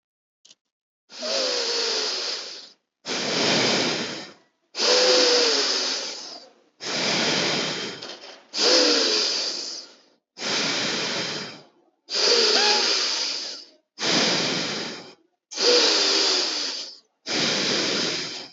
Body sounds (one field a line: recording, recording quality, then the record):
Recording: deep breathing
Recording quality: excellent, no background noise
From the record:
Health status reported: healthy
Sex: male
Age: 28 years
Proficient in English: yes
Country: India